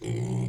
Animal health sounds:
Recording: pig call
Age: weaner (32 to 43 days)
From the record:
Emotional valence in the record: negative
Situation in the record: long isolation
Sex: female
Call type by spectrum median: low-frequency call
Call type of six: low-frequency stable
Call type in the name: low-frequency stable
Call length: 0.49 s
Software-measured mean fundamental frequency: 61 Hz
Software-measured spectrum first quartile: 127 Hz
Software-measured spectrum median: 209 Hz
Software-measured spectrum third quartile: 574 Hz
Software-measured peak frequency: 132 Hz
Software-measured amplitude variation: 116 dB a second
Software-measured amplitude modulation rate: 42.0 a second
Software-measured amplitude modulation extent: 2.8 dB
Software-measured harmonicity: 1.1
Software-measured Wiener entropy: -0.86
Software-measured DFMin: 1238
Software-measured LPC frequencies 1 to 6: 2156, 3181, 4095, 4843, 6175, 7147 Hz

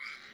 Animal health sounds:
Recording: pig call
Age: piglet (1 to 25 days)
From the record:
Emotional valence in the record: positive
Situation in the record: reunion after long isolation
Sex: male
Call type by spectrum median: low-frequency call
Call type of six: low-frequency tonal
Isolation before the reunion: 8 minutes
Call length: 0.34 s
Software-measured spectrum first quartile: 1970 Hz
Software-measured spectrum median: 2284 Hz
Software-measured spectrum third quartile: 3618 Hz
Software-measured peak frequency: 2130 Hz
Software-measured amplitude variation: 87 dB a second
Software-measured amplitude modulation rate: 28.0 a second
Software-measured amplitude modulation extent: 3.1 dB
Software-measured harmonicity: 3.6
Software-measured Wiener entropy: -1.65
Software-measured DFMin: 975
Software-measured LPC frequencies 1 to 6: 1335, 2206, 3318, 3995, 4792, 5937 Hz

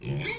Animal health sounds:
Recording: pig call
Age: weaner (32 to 43 days)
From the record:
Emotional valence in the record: negative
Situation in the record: short isolation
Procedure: open field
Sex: female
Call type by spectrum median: high-frequency call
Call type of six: mixed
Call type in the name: high-frequency modulated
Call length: 0.39 s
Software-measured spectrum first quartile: 609 Hz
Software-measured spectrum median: 2427 Hz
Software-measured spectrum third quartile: 6002 Hz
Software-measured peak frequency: 141 Hz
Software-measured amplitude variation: 117 dB a second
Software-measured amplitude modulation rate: 14.2 a second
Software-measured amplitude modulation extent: 8.3 dB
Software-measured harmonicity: 4.1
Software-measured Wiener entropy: -3.15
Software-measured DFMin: 652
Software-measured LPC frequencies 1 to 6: 2280, 3320, 4106, 5089, 6265, 7505 Hz

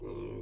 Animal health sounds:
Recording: pig call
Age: weaner (32 to 43 days)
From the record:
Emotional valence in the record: negative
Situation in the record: novel object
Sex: female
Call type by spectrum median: low-frequency call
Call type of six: low-frequency stable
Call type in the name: low-frequency stable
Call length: 0.42 s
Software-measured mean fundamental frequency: 51 Hz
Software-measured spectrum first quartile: 135 Hz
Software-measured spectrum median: 320 Hz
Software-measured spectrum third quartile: 447 Hz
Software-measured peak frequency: 362 Hz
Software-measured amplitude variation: 81 dB a second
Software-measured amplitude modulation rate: 29.6 a second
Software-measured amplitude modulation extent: 2.7 dB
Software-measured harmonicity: 1.7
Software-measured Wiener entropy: 0.10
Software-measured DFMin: 669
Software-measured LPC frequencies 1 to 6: 380, 1030, 2346, 3495, 4618, 5655 Hz

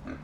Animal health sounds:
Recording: pig call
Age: growing-finishing pig (85 days or more)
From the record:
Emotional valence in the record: positive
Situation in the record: run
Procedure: transit

